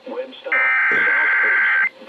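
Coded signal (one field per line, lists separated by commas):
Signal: Emergency Alert System (SAME) tones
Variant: header bursts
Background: speech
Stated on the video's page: Severe weather EAS alerts, including from NOAA Weather Radio, during thunderstorms with hail.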